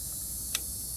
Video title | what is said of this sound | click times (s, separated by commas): SUZUKI LT 160 Carburetor Walk Through and Tune | And it just clicked. You heard it? | 0.5 s